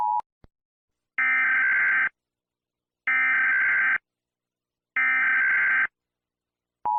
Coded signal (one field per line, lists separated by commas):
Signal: Emergency Alert System (SAME) tones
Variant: header bursts